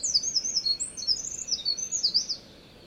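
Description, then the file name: Eurasian wren delivering a fast, piercing run of high twitters and trills for over two seconds, then falling silent. "misosazai"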